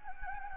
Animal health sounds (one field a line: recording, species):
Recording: mosquito wingbeat signal from an infrared sensor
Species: Anopheles gambiae